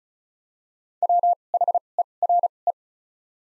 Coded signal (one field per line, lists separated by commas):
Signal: Morse code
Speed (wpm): 36 wpm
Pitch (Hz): 700 Hz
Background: none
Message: WHERE